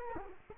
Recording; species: mosquito wingbeat signal from an infrared sensor; Culex quinquefasciatus